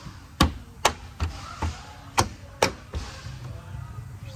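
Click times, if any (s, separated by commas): 0.4 s, 0.9 s, 2.6 s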